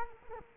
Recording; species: mosquito wingbeat signal from an infrared sensor; Culex quinquefasciatus